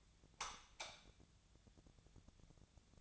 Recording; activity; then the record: daily activity, microphone in the room; light off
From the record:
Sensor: 3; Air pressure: 1000.0 hPa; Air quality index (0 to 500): 123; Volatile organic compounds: 2 ppm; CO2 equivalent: 1101 ppm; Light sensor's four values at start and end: 43/111/47/51 and 41/104/44/49